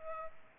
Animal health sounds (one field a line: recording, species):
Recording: mosquito wingbeat signal from an infrared sensor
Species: Culex pipiens